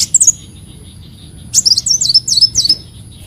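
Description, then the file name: Leafbird giving a short high twitter, then after a pause a quick run of zigzag whistled notes. "Tieng chim xanh tim"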